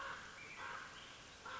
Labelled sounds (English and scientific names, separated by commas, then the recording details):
Common Raven (Corvus corax)
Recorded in Sonoma County, California